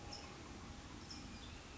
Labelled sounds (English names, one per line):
California Towhee